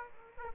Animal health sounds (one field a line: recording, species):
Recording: mosquito wingbeat signal from an infrared sensor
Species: Aedes aegypti